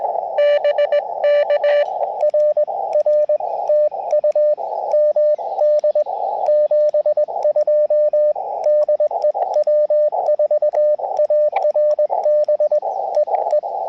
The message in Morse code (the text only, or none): BK RR TU MD 72 DE W4ARB EE